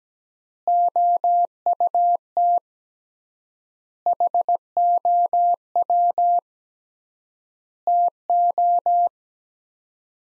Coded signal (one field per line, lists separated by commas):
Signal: Morse code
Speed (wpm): 17 wpm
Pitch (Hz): 700 Hz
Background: none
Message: OUT HOW TO